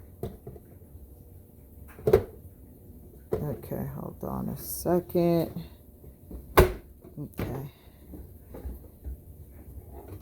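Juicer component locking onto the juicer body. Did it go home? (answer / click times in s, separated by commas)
no / none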